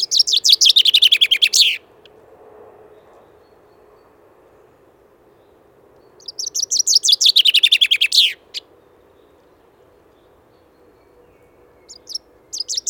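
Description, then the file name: Common chaffinch singing a bright rattling phrase of descending notes ending in a flourish, repeated after a few seconds' pause, with a third phrase starting at the end. "zjablik"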